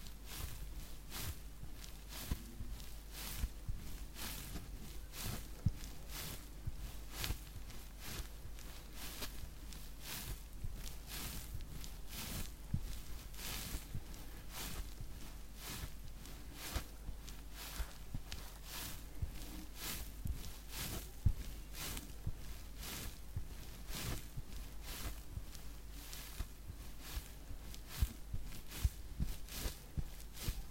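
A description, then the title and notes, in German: Soft triggers during a face massage: a steady run of close, crisp tapping and rustling clicks, dense and irregular, repeating every fraction of a second for the whole half minute. A constant low hum sits underneath, and the level stays even throughout. Face massage (skincare, personal attention).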